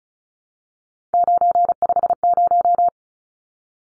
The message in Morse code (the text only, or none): 950